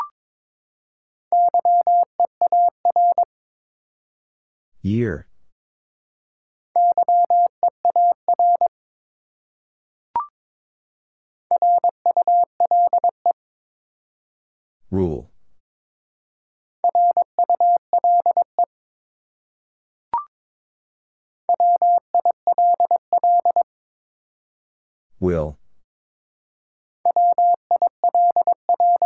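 Morse code beeps on a single steady mid-pitched tone, sent in quick, even bursts that come in groups about every five seconds. Between groups, a sharp falling swoosh sounds at roughly 5, 15 and 25 seconds, and a brief click at about 10 and 20.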